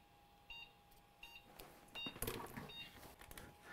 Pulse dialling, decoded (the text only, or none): none